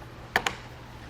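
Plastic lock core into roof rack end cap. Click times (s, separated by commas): 0.4 s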